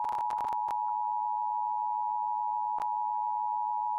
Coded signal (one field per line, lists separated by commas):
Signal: Emergency Alert System (SAME) tones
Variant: 853 and 960 Hz attention tone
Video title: EAS Severe T’storm Warning #8 3/15/25 (Credit Goes To @SouthernPennsylvaniaWX & @KanawhaCountyWX)